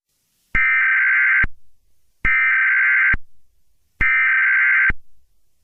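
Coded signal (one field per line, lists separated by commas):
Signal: Emergency Alert System (SAME) tones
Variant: header bursts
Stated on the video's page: Fictional EAS scenario, simulated.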